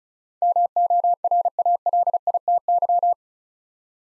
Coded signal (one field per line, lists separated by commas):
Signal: Morse code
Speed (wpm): 36 wpm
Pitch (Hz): 700 Hz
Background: none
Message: MORALITY